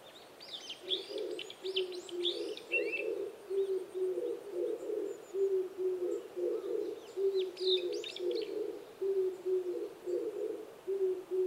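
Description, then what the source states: Oriental turtle dove giving a long series of low, throaty coos in repeated phrases, while other small birds twitter and chirp high above. Recorded 26 April 2010 at 05:29.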